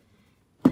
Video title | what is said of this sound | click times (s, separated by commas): How to change cabin air filter in a 2011-2020 toyota sienna DIY video #airfilter #toyotasienna | make sure it clicks and | 0.6 s